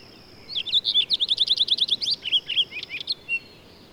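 Bird singing a fast series of sharp, repeated high notes that breaks into a few slower, separate chirps at the end, over a faint steady hiss.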